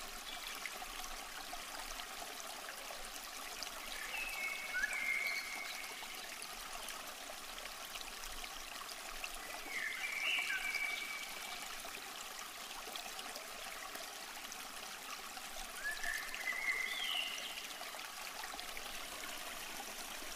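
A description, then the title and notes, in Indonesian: A waterfall roars steadily as a dense, bright hiss that never lets up. A bird calls three times over it, short chirps at about five, ten and seventeen seconds. Otherwise the rushing water fills the whole scene with little change. AIR TERJUN DAN KICAUAN BURUNG.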